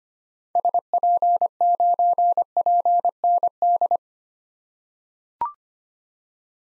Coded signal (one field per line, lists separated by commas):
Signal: Morse code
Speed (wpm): 25 wpm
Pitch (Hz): 700 Hz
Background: none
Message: SP9PND